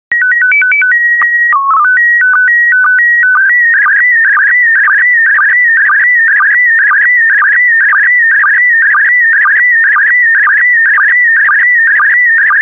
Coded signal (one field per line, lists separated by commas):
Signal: SSTV (slow-scan television)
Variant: PD 120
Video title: 25034 Food SSTV PD120